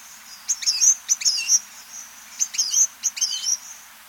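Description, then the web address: Blue-and-gold Tanager giving high, thin chirping notes in two tight clusters, each a quick series of sharp tweets with brief pauses between. South America. "Natures Songs S America Blue-and-gold Tanager"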